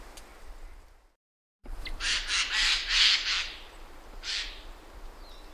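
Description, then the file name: Eurasian jay giving a rapid series of harsh, rasping screeches, followed by one more screech after a short pause. "Garrulus glandarius"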